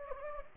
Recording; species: mosquito wingbeat signal from an infrared sensor; Anopheles gambiae